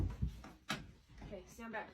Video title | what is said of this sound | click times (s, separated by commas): CREEPIEST TIKTOKS that will make it hard to SLEEP ALONE | Shut the door, make sure it clicks. | 0.7 s